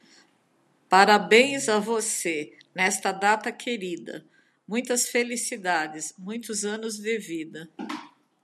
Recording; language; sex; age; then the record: short text; Brazilian Portuguese; female; 60 to 69 years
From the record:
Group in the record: control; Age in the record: 62 years